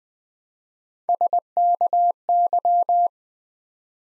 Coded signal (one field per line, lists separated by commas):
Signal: Morse code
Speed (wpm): 20 wpm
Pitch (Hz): 700 Hz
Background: none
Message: SKY